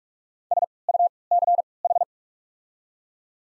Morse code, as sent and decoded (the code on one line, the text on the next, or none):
... / ..- / -.-. / ....
S U C H